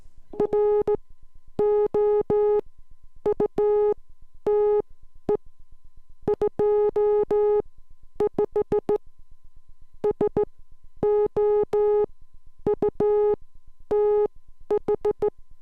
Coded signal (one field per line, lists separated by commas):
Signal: Morse code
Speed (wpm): 14 wpm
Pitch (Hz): 420 Hz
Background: music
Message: ROUTE 25 SOUTH